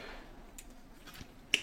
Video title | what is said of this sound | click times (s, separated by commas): Comment régler son derailleur SRAM EAGLE T-TYPE | Clac. Tu dois entendre le clac. | 1.5 s